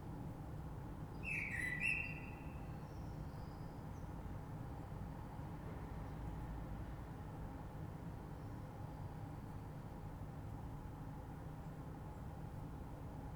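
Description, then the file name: Common blackbird song: one brief mellow phrase with a bright ending near the start, followed by a faint high note and a long stretch of low rumble. Recorded 3 March 2020. "Rush Merle"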